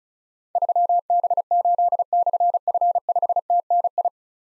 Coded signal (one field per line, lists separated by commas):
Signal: Morse code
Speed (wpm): 36 wpm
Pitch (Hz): 700 Hz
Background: none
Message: 3B8/F5TNI